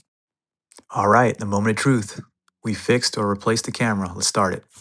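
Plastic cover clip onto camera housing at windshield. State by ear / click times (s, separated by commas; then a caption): seated / 0.7 s. A plastic cover clip on the camera housing at the windshield is pressed until it snaps into place, giving a sharp click at 0.7 s. Someone then talks. The cover is seated.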